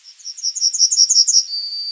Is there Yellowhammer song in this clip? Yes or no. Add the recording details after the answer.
yes. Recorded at under 5 m from the bird. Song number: 024